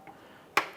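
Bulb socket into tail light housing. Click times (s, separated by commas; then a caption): 0.6 s. A bulb socket is pressed into the plastic tail light housing of a 2009–2015 Honda Pilot and turned clockwise until it locks. After a faint tap near the start, a sharp snap is heard at 0.6 s, and the socket is seated.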